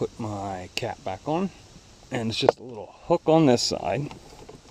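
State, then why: Not seated. Someone talks while hooking one side of the plastic cabin air filter port cap onto the filter housing behind the glove compartment of a Ford Transit van. Nothing has seated or clicked yet; the cap is handled but not yet home.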